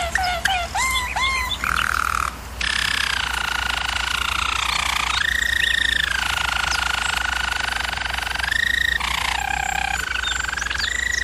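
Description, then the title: German Roller canary song: long continuous rolling trills shifting between pitch levels, opening with rapid rising notes, with a steady low hum underneath. Canary training recording of a German Roller canary singing. "German Roller Canary Singing - Canary Training Vid"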